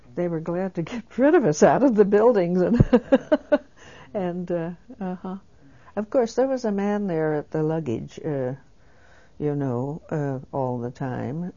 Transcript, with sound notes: They were glad to get rid of us out of the building. [she laughs] And, of course, there was a man there at the luggage, you know, all the time,